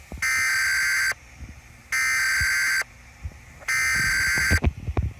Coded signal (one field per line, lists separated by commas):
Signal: Emergency Alert System (SAME) tones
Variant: header bursts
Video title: EAS Scenario - Assassination